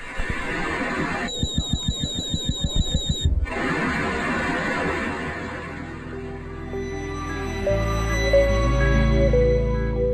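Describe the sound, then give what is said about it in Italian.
Underwater external sonar sounds over a low rumbling hum, played at the Galata Museo del Mare in Genoa: a burst of rapid rhythmic pulses with high chirps, then sustained electronic tones that shift down in pitch in steps. “E questo è un sonar esterno.”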